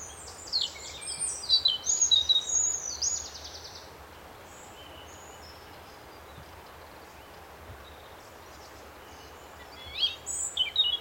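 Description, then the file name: European robin song: a lively phrase of high warbles and trills early on, several seconds of near quiet, then another brief high phrase at the end. "Erithacus rubecula"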